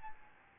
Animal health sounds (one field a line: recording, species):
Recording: mosquito wingbeat signal from an infrared sensor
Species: Aedes albopictus